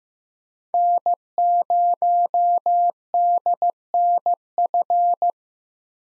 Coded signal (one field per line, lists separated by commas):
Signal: Morse code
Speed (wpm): 15 wpm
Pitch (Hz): 700 Hz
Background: none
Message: N0DNF